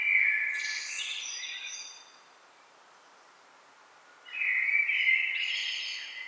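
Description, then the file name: Common blackbird song: two fluty, warbled phrases with higher squeaky twitters, separated by about two seconds of quiet. "Turdus merula"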